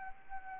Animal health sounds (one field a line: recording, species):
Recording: mosquito wingbeat signal from an infrared sensor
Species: Anopheles arabiensis